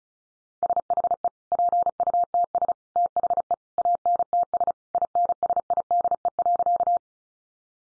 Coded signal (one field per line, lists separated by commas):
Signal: Morse code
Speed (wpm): 34 wpm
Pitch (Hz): 700 Hz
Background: none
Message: SHE PUTS THE ANTS INSIDE.